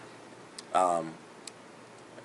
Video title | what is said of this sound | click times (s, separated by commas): Play Arts Super Street Fighter IV Sakura Figure Unboxing and Review | like that actually still has like the full-on click sound effect but | 0.6 s